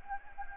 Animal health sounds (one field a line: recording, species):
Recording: mosquito wingbeat signal from an infrared sensor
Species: Anopheles gambiae